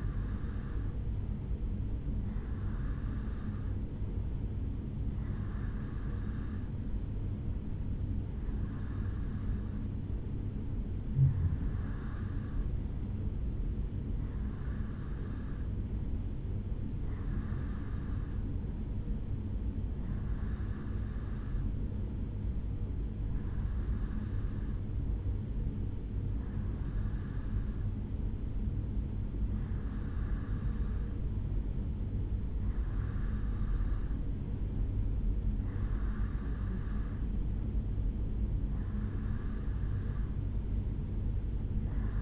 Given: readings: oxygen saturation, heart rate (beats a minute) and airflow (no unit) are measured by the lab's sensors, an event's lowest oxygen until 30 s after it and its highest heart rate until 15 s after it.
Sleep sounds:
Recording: breathing in sleep by a smartphone at the bedside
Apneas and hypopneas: none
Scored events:
none scored
From the record:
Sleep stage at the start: REM sleep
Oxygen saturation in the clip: 89 to 91%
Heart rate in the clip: 70 to 73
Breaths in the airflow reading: 14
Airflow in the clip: -2.2 to 1.7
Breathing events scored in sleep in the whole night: 449 in 7.0 hours asleep

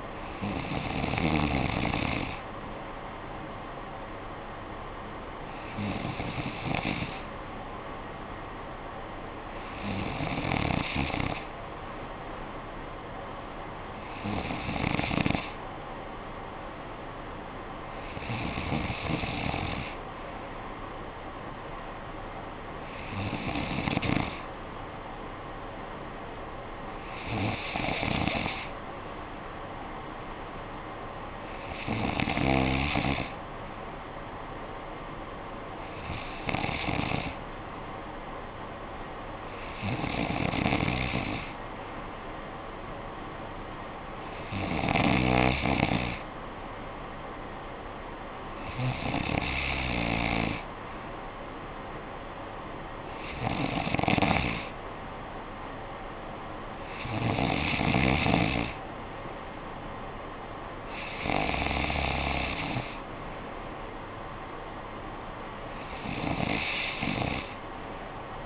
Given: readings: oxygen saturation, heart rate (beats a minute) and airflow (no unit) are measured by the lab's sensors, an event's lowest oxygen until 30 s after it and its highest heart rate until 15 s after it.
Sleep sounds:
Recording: breathing in sleep by a voice recorder at the bedside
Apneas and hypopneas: none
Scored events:
none scored
From the record:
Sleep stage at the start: N3 (deep sleep)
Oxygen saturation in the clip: 94%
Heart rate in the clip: 57 to 62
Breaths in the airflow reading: 16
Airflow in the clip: -9.6 to 5.5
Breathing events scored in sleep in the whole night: 445 in 7.6 hours asleep

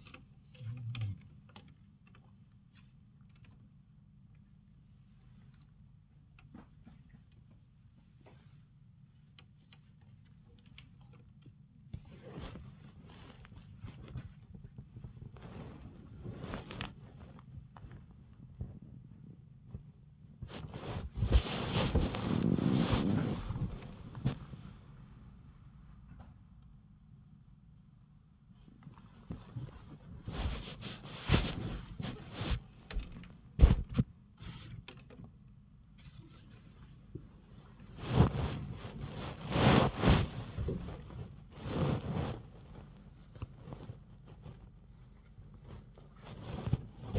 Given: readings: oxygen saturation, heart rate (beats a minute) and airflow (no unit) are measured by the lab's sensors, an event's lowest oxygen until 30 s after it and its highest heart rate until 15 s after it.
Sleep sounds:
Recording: a person awake in a sleep study, by a smartphone at the bedside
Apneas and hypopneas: none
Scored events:
0.00-47.19 s: awake
From the record:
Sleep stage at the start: awake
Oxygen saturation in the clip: 93 to 96%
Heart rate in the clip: 46 to 94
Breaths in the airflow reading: 17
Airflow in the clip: -9.8 to 14.0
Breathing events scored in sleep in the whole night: 270 in 6.1 hours asleep

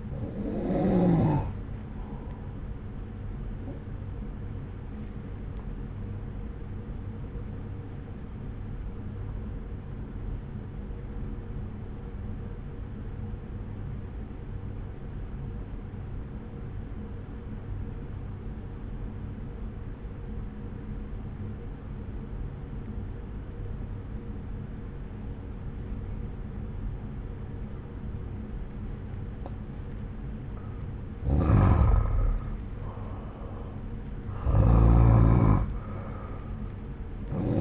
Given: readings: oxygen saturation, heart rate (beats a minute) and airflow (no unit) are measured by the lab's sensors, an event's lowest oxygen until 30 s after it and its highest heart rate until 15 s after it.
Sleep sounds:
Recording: breathing in sleep by a smartphone at the bedside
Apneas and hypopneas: 1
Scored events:
8.00-31.60 s: obstructive apnea (N2, oxygen 95% highest, then 89% lowest)
29.00-37.61 s: new sleep stage, N1 (lightest sleep)
From the record:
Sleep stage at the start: N2 (light sleep)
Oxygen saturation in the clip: 86 to 95%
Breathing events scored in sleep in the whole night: 303 in 8.1 hours asleep

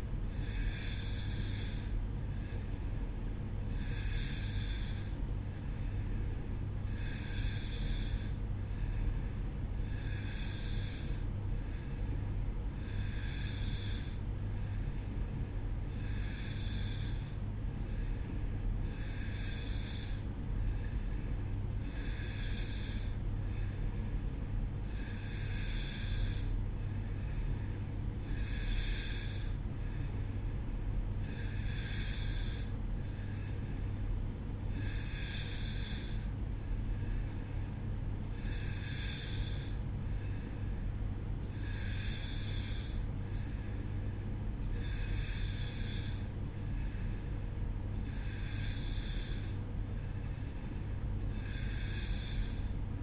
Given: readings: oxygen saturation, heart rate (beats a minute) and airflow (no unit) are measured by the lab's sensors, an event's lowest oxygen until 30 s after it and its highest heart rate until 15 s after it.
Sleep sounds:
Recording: breathing in sleep by a smartphone at the bedside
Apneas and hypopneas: none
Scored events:
none scored
From the record:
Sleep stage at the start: N2 (light sleep)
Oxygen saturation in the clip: 90 to 91%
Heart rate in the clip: 61 to 67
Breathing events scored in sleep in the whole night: 305 in 9.6 hours asleep

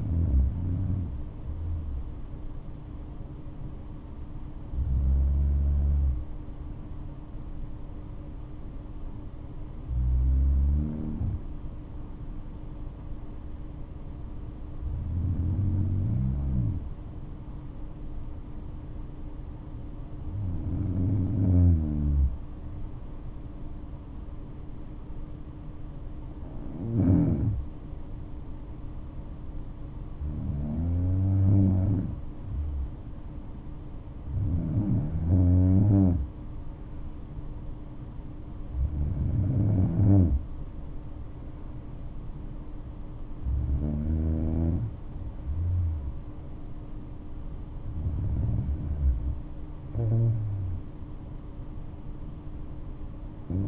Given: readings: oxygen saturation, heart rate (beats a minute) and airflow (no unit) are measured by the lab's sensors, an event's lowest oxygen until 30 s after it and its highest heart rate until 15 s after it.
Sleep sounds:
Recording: breathing in sleep by a smartphone at the bedside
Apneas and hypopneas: 1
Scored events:
4.00-38.70 s: hypopnea (N2, oxygen 97% highest, then 94% lowest, heart rate 65 at the start, 68 highest)
From the record:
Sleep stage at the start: N2 (light sleep)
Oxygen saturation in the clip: 94 to 97%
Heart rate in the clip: 58 to 68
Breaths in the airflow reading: 11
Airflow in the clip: -6.5 to 7.4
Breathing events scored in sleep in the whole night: 228 in 5.4 hours asleep

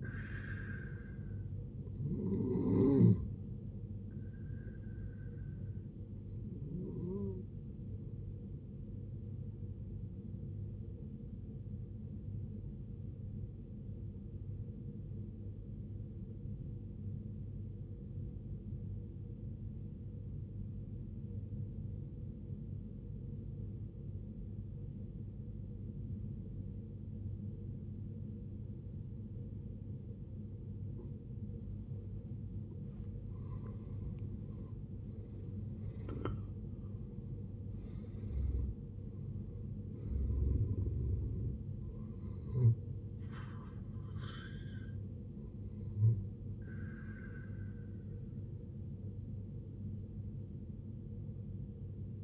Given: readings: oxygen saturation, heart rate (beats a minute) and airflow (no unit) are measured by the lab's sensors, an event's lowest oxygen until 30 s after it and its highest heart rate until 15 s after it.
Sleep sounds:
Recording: breathing in sleep by a smartphone at the bedside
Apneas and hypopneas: 1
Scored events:
16.00-33.20 s: obstructive apnea (N1, oxygen 93% highest, then 76% lowest, heart rate 57 at the start, 78 highest)
From the record:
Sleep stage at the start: N1 (lightest sleep)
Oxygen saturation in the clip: 77 to 93%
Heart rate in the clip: 50 to 78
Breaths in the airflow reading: 9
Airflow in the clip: -16.2 to 17.7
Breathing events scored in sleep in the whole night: 389 in 6.3 hours asleep

